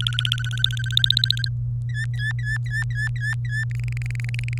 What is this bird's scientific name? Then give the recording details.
Serinus canaria. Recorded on 24 April 2018 at 11:19. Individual llb3